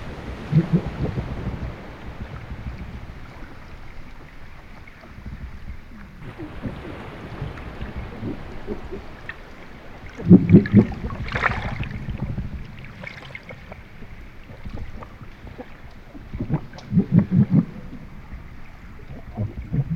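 Underwater near a small boat's hull, low thuds and knocks come in bursts around 1, 10 and 17 seconds over a steady murky hum.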